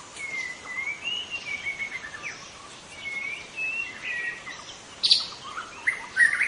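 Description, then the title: White-rumped shama song: long smooth whistled phrases gliding up and down, followed by sharper high notes near the end, over constant hiss. In forest. "Suara burung murai batu hutan"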